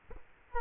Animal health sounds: mosquito wingbeat signal from an infrared sensor; Culex quinquefasciatus

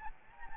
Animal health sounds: mosquito wingbeat signal from an infrared sensor; Anopheles gambiae

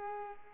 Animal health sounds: mosquito wingbeat signal from an infrared sensor; Culex pipiens

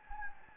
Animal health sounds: mosquito wingbeat signal from an infrared sensor; Anopheles gambiae

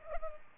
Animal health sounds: mosquito wingbeat signal from an infrared sensor; Culex pipiens

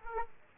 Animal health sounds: mosquito wingbeat signal from an infrared sensor; Aedes aegypti

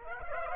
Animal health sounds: mosquito wingbeat signal from an infrared sensor; Aedes aegypti

